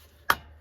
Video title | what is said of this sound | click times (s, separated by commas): 2014-2024 Honda Pioneer 700 Maintenance Guide | hope you heard that click you want to make sure when you're pushing these back on you get a good positive engagement from the clip in the back | 0.3 s